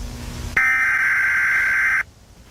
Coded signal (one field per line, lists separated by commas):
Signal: Emergency Alert System (SAME) tones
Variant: header bursts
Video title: How to make eas scenario